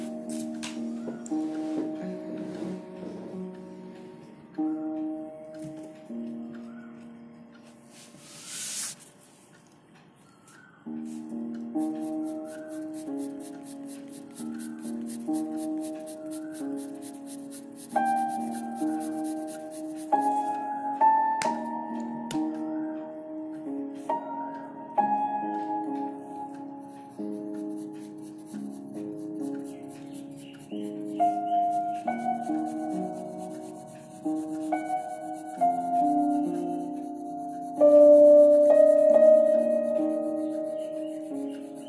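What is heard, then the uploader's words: Dark academia music carries the clip: slow, sustained low-to-mid notes that change every second or two, dipping briefly near eleven seconds and swelling toward the end. Soft, regular clock ticks sit behind it, and a short scratchy rub appears around eight seconds. Dark academia Study with me in the evening. Pencil ASMR, ticking of the clock and some dark academia music.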